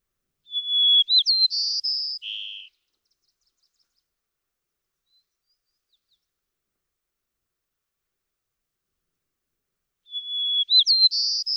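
White-crowned sparrow sings one full phrase of whistle, slurred notes and descending buzzes, then silence for about seven seconds before another phrase starts.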